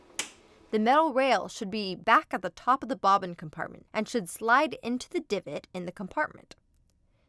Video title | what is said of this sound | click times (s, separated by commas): Learn to Sew! | push the bobbin back into the bobbin case until you hear a snap | 0.2 s